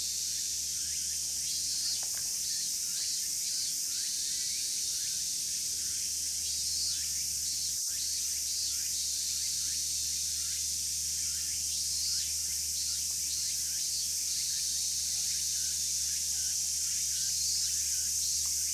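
Cicadas buzz without pause, a dense, bright, shimmering drone that holds steady for the whole stretch, with a faint pulsing flutter running through it. Underneath sits a low steady hum, and a soft tick or click cuts through around the eight-second mark.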